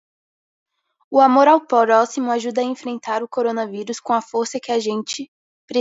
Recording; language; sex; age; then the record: spoken sentence; Brazilian Portuguese; male; 20 to 29 years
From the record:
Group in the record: control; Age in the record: 22 years